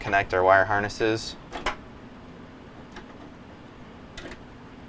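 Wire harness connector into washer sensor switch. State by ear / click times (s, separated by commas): seated / 1.7 s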